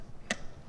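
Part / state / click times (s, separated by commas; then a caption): EV charging plug into plug-in hybrid charge port / seated / 0.3 s. A charging connector is pushed into the charge port of a Volvo XC90 Recharge plug-in hybrid until it latches. Against a quiet background, a single sharp, bright click is heard at 0.3 seconds. The plug is seated in the port.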